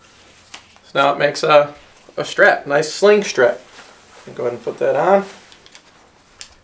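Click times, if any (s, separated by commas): 0.5 s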